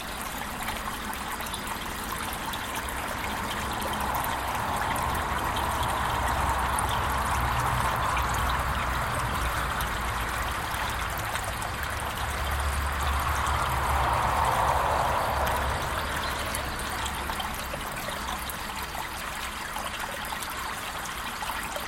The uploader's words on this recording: Ambient sound recorded along del Norte, the northern coastal route of the Camino de Santiago network of pilgrimage paths converging in Spain. These tiny meditations are made with binaural microphones.